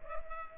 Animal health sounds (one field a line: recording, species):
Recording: mosquito wingbeat signal from an infrared sensor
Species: Culex pipiens